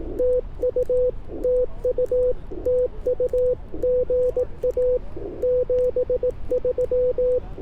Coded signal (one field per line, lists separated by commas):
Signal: Morse code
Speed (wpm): 18 wpm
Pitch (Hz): 500 Hz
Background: none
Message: TU TU TU GA 73